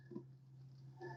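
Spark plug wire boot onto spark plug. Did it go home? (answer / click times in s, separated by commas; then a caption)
no / none. On a 1990 Buick Riviera during a coil pack and module replacement, a spark plug wire boot is pushed onto the spark plug for a second time after the first attempt did not clip. A steady low hum runs throughout, with brief soft rubbing and breathy handling noises near 0.2 s and 1.0 s. Nothing has seated or clicked yet.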